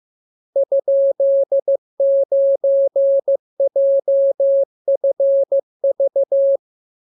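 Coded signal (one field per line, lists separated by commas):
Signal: Morse code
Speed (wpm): 15 wpm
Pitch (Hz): 550 Hz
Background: none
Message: ?9JFV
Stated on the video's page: Morse lesson 40 of 42: practice radiogram opening with VVV and section sign, closing with AR, covering letters, numbers, punctuation and Q-code.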